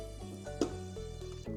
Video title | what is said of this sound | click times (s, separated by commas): Thornhill House - House Manual Video | Then you want to pull this towards the machine just slightly till you hear a click, | 0.6 s